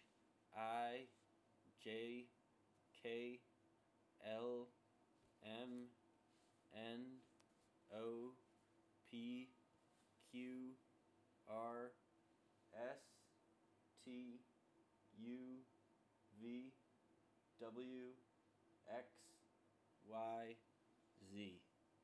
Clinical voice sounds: letters of the alphabet, spoken; free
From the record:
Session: seven days later

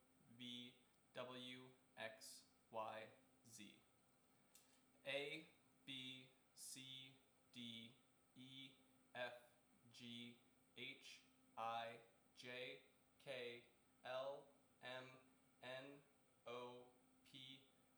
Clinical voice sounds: letters of the alphabet, spoken; free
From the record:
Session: seven days later

